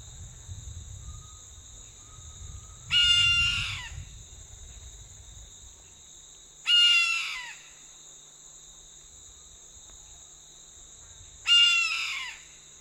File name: Canto do gaviao de anta